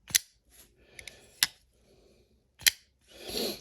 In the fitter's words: locks in place it just feels good listen to the sound here